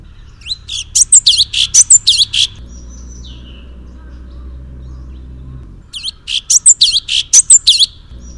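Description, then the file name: Sooty-headed bulbul chirping song: two quick bursts of bright, bubbly notes, each about two seconds long, separated by a pause of about three seconds filled with a low steady hum. "suara kicauan cucak cungkok. omkicau"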